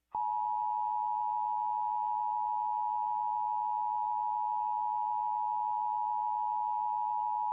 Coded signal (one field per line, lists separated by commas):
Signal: Emergency Alert System (SAME) tones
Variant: 853 and 960 Hz attention tone